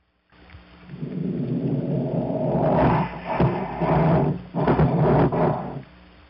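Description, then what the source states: Harbor seal underwater vocalization: a deep, rumbling growl lasting several seconds, with a few surges and dips in its second half. Underwater vocalization of a wild male harbor seal.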